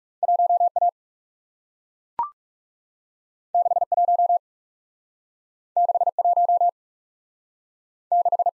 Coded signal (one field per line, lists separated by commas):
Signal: Morse code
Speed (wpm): 42 wpm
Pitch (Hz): 700 Hz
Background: none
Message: 1 A 6 1 6 1 6